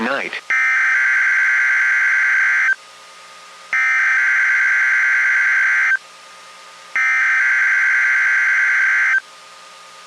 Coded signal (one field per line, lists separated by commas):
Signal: Emergency Alert System (SAME) tones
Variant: header bursts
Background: speech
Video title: Weather Radio Wednesday RWTs (EAS #965-#975)